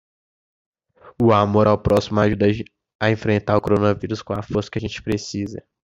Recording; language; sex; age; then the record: spoken sentence; Brazilian Portuguese; male; 18 to 19 years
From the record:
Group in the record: control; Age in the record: 19 years